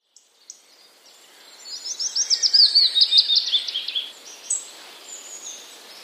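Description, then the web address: Willow warbler song: a clear cascade of high whistled notes descending smoothly over about two seconds, with faint bird chatter around it. Wroblowe, Poland, 12 April 2009. "wroblowe piecuszek 12 04 2009"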